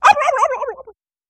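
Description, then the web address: Turkey call, one quick, warbling burst under a second long that wavers and slides downward in pitch before stopping, followed by silence. Barnyard turkey. "animals barnyard|turkey"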